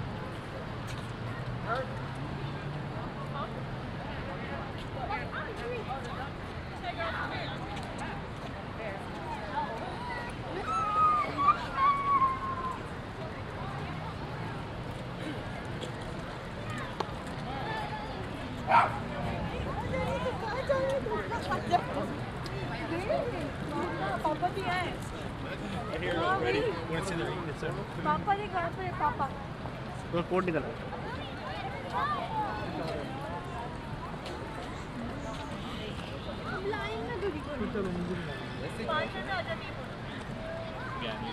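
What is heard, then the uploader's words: A walk around Lake Eola Park, with steady murmuring voices throughout, occasional louder calls near eleven and nineteen seconds, and faint traffic underneath. A Walk Around Lake Eola Park (Orlando, Florida).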